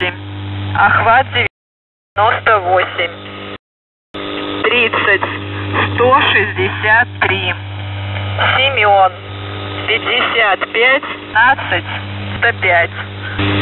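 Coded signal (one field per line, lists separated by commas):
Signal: coded military voice message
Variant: Russian, The Goose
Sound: russian male voice reading a callsign and number groups over steady hum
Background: radio hum and static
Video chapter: 00:29 - Воздух Охват-98 30163 САБЛЯ 5581 1395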